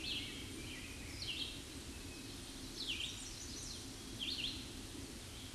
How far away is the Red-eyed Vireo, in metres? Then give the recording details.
about 40 m. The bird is about 5 m above the microphone. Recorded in a Pennsylvania forest on 16 May 2024 at 07:12. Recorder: AudioMoth, point MSD-0192. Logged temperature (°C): 16.0 °C. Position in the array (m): 130 m, 51 m